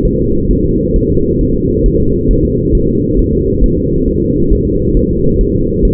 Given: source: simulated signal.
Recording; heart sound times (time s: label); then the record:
fetal heart sounds
0.05 s: S1
0.19 s: S2
0.51 s: S1
0.65 s: S2
0.96 s: S1
1.10 s: S2
1.41 s: S1
1.55 s: S2
1.86 s: S1
2.00 s: S2
2.31 s: S1
2.45 s: S2
2.75 s: S1
2.89 s: S2
3.19 s: S1
3.33 s: S2
3.64 s: S1
3.78 s: S2
4.08 s: S1
4.22 s: S2
4.52 s: S1
4.67 s: S2
4.97 s: S1
5.11 s: S2
5.41 s: S1
5.55 s: S2
5.85 s: S1
From the record:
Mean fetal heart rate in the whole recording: 135 bpm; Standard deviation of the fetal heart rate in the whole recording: 3 bpm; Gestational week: 36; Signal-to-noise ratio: -15.3 dB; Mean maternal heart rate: 72 bpm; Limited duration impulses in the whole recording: present